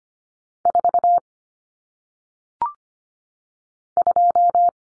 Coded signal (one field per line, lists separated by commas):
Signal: Morse code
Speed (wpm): 25 wpm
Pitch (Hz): 700 Hz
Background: none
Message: 4 2